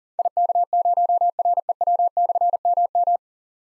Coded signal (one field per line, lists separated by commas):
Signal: Morse code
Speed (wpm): 43 wpm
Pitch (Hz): 700 Hz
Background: none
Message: IK0REW/MM